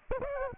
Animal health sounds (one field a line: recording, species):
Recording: mosquito wingbeat signal from an infrared sensor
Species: Aedes aegypti